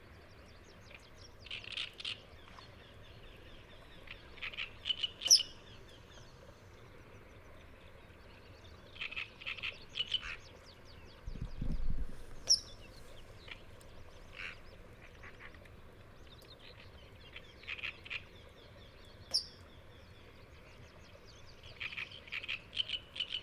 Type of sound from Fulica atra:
call